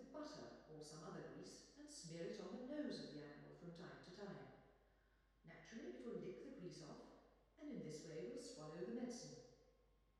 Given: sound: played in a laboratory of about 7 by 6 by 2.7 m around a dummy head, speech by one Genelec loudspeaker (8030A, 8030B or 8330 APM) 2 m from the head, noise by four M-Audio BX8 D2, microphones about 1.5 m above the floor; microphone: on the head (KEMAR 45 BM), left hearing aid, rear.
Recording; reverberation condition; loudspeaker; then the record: female speech in English; high; 120 degrees to the right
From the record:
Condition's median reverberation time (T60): about 1300 ms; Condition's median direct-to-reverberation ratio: about -4.0 dB